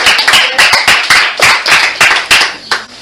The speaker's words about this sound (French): Applaudissez pour elle, applaudissez pour elle.